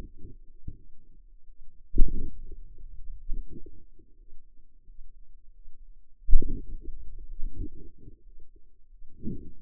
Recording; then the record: forearm muscle sounds (acoustic myography)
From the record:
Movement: hand opening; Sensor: system 2, bracelet of six BSWA MPA416 microphones around the upper forearm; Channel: 3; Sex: female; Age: 23 years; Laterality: right